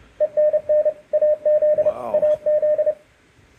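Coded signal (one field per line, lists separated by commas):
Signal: Morse code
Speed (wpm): 30 wpm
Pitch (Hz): 610 Hz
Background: radio noise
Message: ENN AZ AZ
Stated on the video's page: Sent from a Ten Tec Omni 7 during a CW contest.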